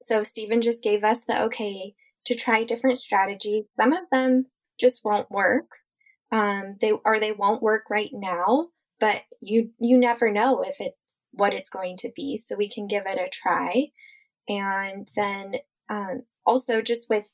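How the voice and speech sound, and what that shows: One woman speaks in a clear, steady voice at a relaxed pace, with only ordinary fillers and pauses.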